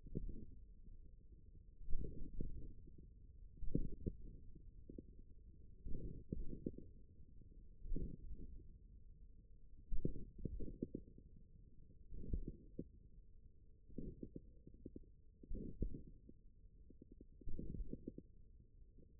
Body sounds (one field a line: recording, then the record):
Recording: forearm muscle sounds (acoustic myography)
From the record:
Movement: tripod grip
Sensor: system 1, eight BSWA MPA416 microphones around the upper forearm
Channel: 7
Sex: male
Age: 41 years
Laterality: right